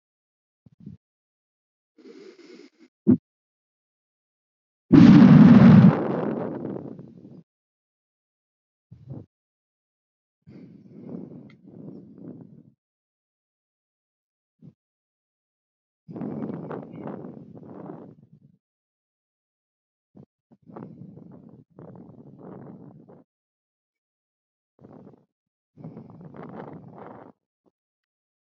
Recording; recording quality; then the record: deep breathing; excellent, no background noise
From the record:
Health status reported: healthy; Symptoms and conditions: none ticked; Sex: male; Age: 45 years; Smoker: yes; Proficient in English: yes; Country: India